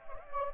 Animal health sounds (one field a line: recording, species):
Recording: mosquito wingbeat signal from an infrared sensor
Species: Anopheles gambiae